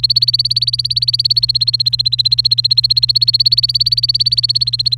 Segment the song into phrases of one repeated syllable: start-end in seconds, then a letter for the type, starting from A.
0.00-4.97 A